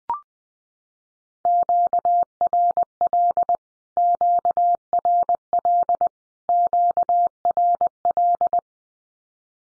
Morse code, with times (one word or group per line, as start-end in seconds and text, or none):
1.5-3.6 QRL
4.0-6.1 QRL
6.5-8.6 QRL